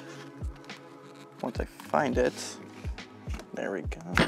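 A plastic interchangeable thumb insert (thumb slug) is handled and worked into the thumb sleeve of a bowling ball while someone talks, with faint handling knocks around 0.6 to 0.7 s, 3.0 s and 3.3 to 3.4 s. The insert is not yet home, and nothing has seated or clicked yet.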